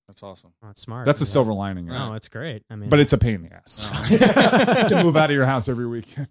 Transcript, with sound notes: That's awesome. That's smart. That's a silver lining. Oh, it's great. I mean-- But it's a pain in the ass. [LAUGHTER] You move out of your house every weekend.